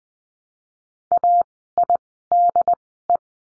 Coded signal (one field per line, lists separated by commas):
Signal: Morse code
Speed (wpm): 20 wpm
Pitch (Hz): 700 Hz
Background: none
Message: AIDE